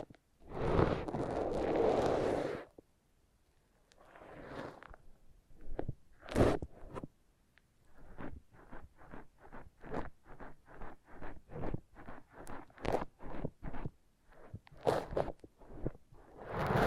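Foam being rubbed and squeezed, opening with a dense, rough rustle for about two and a half seconds. After a pause, softer scrubbing gives way to a run of quick, regular squeaky strokes from about eight seconds on, roughly two per second, with a few sharper bursts near the end.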